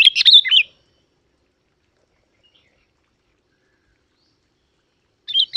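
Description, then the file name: Yellow-vented bulbul gives a quick, chattering warbled phrase, then a long quiet gap before another phrase begins at the end. "Tieng chao mao dit vang"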